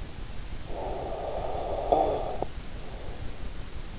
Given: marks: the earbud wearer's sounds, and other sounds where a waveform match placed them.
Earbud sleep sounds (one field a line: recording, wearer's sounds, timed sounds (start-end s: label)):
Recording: sounds in sleep by an in-ear microphone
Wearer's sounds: snoring breath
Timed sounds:
0.36-3.42 s: snoring breath